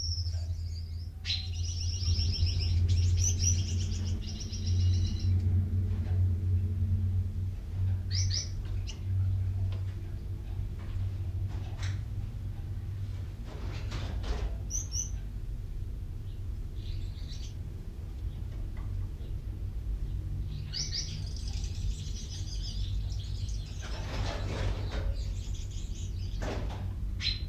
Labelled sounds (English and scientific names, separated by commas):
Common Chaffinch (Fringilla coelebs)